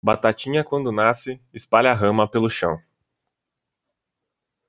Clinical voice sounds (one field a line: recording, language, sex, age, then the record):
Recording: short text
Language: Brazilian Portuguese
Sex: male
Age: 20 to 29 years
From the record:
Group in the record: control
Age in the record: 22 years